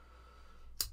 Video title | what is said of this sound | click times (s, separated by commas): [53] CJRB Kicker w/Recoil-Lock Review | and then once it gets past it though it snaps right in so | 0.8 s